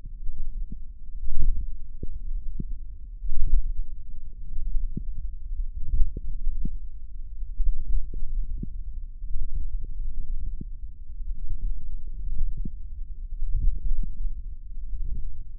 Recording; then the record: forearm muscle sounds (acoustic myography)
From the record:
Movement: hand closing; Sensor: system 1, eight BSWA MPA416 microphones around the upper forearm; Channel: 5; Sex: female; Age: 21 years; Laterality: right